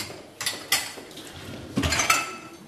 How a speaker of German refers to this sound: Im Gemeinschaftsraum räumt eine Pflegerin Gläser in die Spülmaschine.